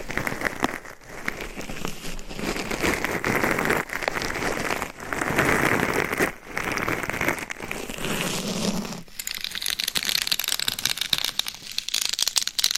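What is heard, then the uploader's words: Dense scratching and rubbing on a microphone, gritty and crackly like rain on a surface, moving in bursts with brief gaps near 1, 4, 6.5 and 9 seconds. After about 9 seconds the texture turns brighter and thinner, with sharper tapping and crinkling. ASMR Binaural Mic Scratching & Tapping with Different Gloves & Nails for 100% SLEEP - No Talking.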